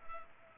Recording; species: mosquito wingbeat signal from an infrared sensor; Culex pipiens